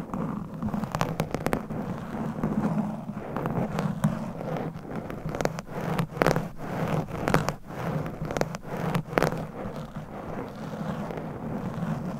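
Claws scratch a microphone in dense, irregular bursts of sharp crackling clicks over a steady low hum, with louder scrapes clustering mid-clip.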